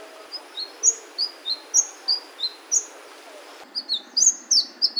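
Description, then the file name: Sunbird giving high, thin falling whistles in a regular string, ending with a quicker burst of sharp twittering notes. "suara kicauan burung madu matari. omkicau"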